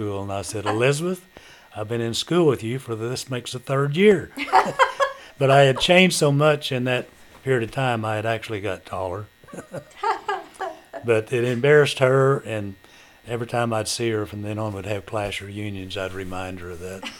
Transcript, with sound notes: And I said, "Elizabeth, I've been in school with you for this makes the third year." (Laughter) But I had changed so much in that period of time I had actually got taller. (Chuckling) But it embarrassed her and every time I'd see her from then on we'd have class reunions, I'd remind her of that.